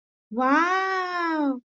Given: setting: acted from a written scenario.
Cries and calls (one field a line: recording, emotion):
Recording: vocal sound without words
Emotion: adoration